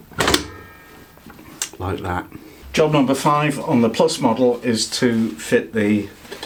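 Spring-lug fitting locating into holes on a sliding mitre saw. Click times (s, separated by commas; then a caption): 0.3 s. A component is pushed onto an Evolution R255 SMS+ TCT sliding mitre saw during assembly, where the spring lugs on its end release the side lugs so they locate into holes in the saw body. A sharp click at 0.3 s marks the lugs seating into the holes, and someone then talks for the rest of the clip.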